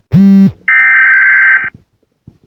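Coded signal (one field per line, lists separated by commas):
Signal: Emergency Alert System (SAME) tones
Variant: header bursts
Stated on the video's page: Mock Special Marine Warning, not a real alert.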